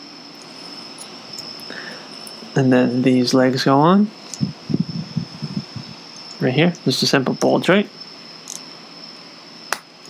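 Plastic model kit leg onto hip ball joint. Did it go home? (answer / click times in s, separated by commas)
yes / 9.7 s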